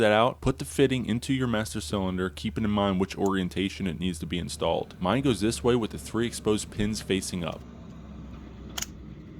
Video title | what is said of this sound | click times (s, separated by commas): The ULTIMATE Ford F150 Master Cylinder Replacement! | once that snaps into place you can push your connector on and that should be it | 8.8 s